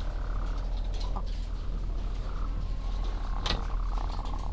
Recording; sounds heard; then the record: poultry house recording; sick chickens (respiratory disease)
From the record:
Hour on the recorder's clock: 10